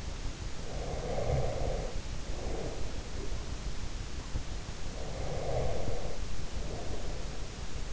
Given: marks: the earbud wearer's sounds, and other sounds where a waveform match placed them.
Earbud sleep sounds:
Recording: sounds in sleep by an in-ear microphone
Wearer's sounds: breath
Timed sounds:
0.65-3.16 s: breath
4.81-7.93 s: breath

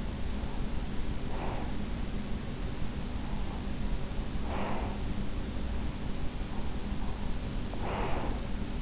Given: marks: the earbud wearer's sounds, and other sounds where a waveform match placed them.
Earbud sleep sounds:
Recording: sounds in sleep by an in-ear microphone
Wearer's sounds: breath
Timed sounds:
0.71-2.03 s: breath
3.62-5.65 s: breath
7.53-8.82 s: breath

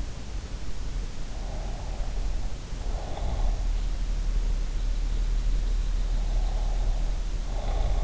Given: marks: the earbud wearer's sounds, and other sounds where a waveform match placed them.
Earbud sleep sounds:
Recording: sounds in sleep by an in-ear microphone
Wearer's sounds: breath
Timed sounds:
1.38-3.49 s: breath
6.30-8.04 s: breath

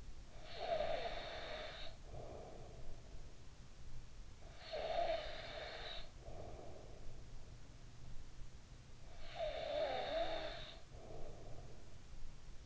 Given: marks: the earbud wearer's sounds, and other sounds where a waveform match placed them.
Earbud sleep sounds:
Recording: sounds in sleep by an in-ear microphone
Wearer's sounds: snoring breath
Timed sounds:
0.00-3.31 s: snoring breath
3.91-7.43 s: snoring breath
8.77-12.65 s: snoring breath

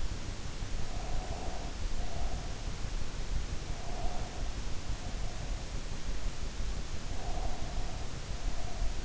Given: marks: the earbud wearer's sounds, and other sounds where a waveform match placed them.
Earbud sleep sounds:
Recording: sounds in sleep by an in-ear microphone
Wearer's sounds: breath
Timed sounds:
0.80-2.78 s: breath
3.76-5.81 s: breath
7.14-9.05 s: breath

